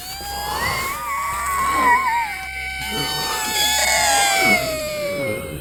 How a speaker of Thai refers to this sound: พลันเสียงหวีดร้องอันหวยหวนก็กลับดังขึ้นอย่างเป็นทวีคูณ